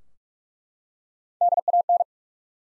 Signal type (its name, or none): Morse code